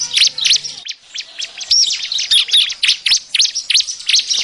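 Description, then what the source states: Bar-winged prinia chattering: dense, excited high-pitched chirps and swooping notes overlapping almost continuously. Noisy prinia calling used as a lure to attract birds.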